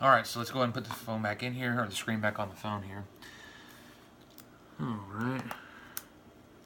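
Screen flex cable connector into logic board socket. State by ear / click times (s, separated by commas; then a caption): seated / 6.0 s. Someone talks while the new glass/digitizer screen's flex cable connector on an iPhone 5c is pressed onto the phone's logic board socket. After a quiet stretch, a sharp, short click at 5.9 s confirms the connector has seated.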